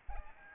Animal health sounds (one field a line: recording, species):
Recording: mosquito wingbeat signal from an infrared sensor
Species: Aedes aegypti